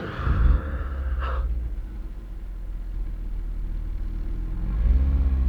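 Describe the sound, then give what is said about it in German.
A car engine revs up and pulls away, settling into a steady low rumble before revving again toward the end. No voices. “Geben Sie mir den Kaffee und fahren Sie los.”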